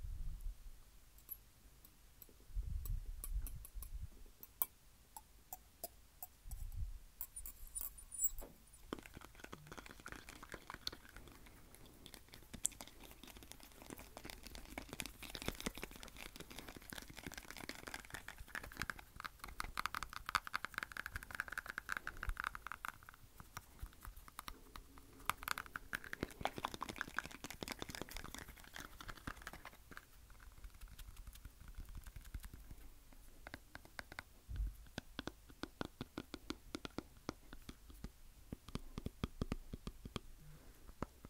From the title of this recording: Teeth Tapping FAST & SLOW